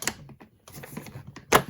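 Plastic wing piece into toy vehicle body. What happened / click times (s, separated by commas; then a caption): The plastic wing snapped into its mount / 1.5 s. A plastic Batwing wing is pushed into its mount on the body of a Spin Master 2023 Gotham City Guardian Playset 4-in-1 Batman Mech (30 inch), with the folded shoulder and arm pieces pulled back to make room. Light plastic clicks and rustling handling sounds are followed by a loud, sharp snap at 1.6 s as the wing seats in place.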